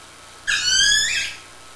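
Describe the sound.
Whale call, a single squealing whistle rich in overtones lasting under a second, holding nearly level before fading; otherwise quiet.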